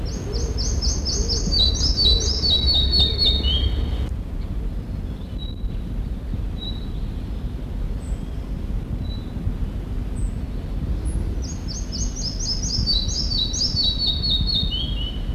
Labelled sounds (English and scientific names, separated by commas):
Red-breasted Flycatcher (Ficedula parva) song